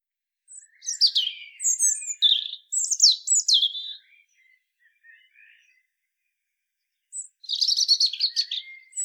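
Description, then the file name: European robin singing a long phrase of sweet, high, quickly changing warbles and trills, a pause with faint notes, then another sparkling high phrase. "Erithacus rubecula"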